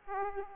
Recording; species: mosquito wingbeat signal from an infrared sensor; Aedes aegypti